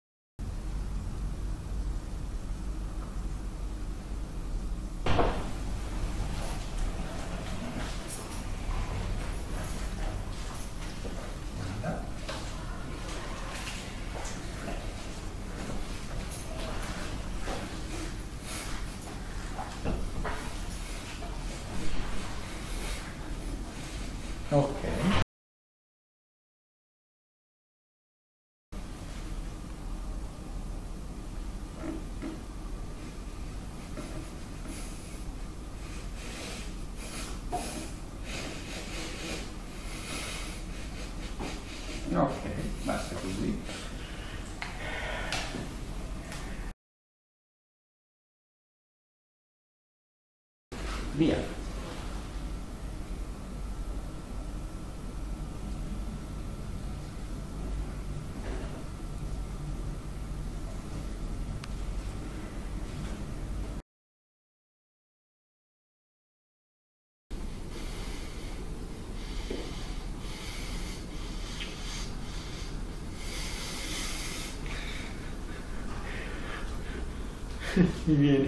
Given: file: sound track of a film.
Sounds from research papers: Crying spells triggered by thumb-index rubbing after thalamic stroke. It contains the video of the patient during “index-thumb rubbing” manoeuvres, showing his crying spells.

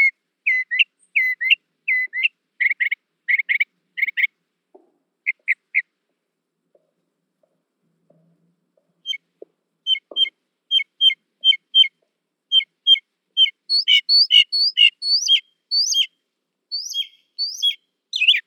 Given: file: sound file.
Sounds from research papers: Bird A. Mockingbird song material analyzed in this exploratory analysis is from five individual birds.

